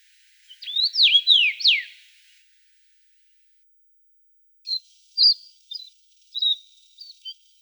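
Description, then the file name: Common rosefinch whistled song phrase of slurred notes, followed after a pause by scattered thin, high chirps. Recorded in Russia. "Pticy Rossii - Obyknovennaya chechevica Carpodacus erythrinus"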